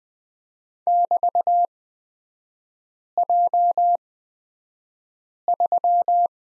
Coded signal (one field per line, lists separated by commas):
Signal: Morse code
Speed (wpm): 20 wpm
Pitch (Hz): 700 Hz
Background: none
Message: <BT>J3